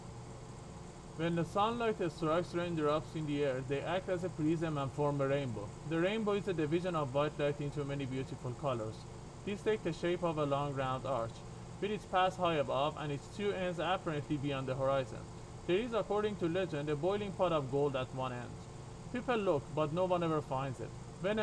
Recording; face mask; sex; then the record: reading aloud; surgical mask; male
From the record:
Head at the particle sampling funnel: turned sideways, cheek in front of it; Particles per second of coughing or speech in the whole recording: 0.0793